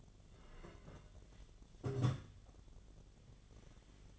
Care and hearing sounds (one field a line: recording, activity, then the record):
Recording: daily activity, microphone in the room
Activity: take from stove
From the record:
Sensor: 4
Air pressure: 1010.9 hPa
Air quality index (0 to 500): 166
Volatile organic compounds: 4 ppm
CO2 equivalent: 1694 ppm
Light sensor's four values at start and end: 40/114/46/47 and 40/115/46/47